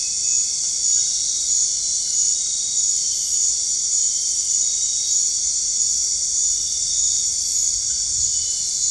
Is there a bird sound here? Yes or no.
no